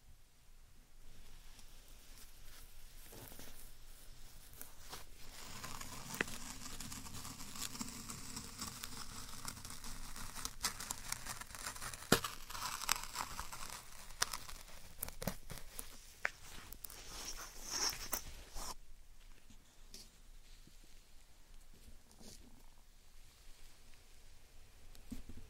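Slime and sand being handled, with soft squishing, crinkling and crackly textures that build from about 5 seconds and stay fairly dense until near 19 seconds. Sharp little clicks and pops punctuate the middle, and the sound thins out toward the end.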